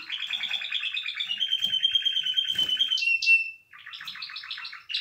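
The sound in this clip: Canary song with a long rapid trill, a short clear whistle, then another quick rolling series; faint clicks and rustles underneath.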